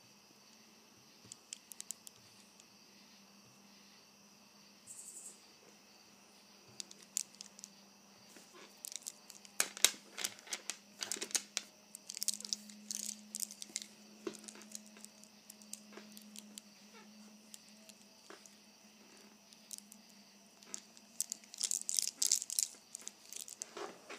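Someone plays with a bracelet, making scattered light clicks and rattles that start sparse and grow busier, with dense bursts around ten seconds and again near twenty-two. A low steady hum runs underneath throughout, and a brief high hiss sounds around five seconds.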